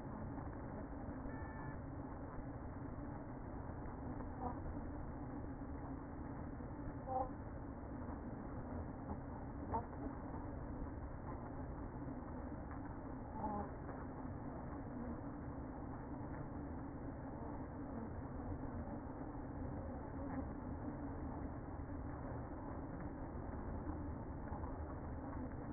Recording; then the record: honeybee colony, microphone inside the hive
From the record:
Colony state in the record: queen present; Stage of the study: after two queens were removed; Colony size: about 60,000 bees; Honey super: yes